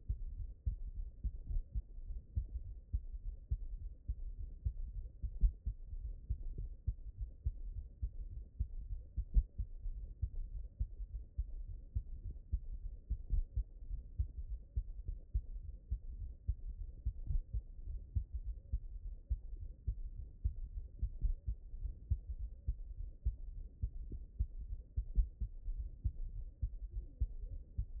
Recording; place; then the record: heart sounds by stethoscope; mitral valve (MV)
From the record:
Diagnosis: HFrEF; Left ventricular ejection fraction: 31%